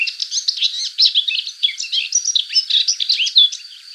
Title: Sylvain Jaskowiak - Mes piafs. Fauvette passerinette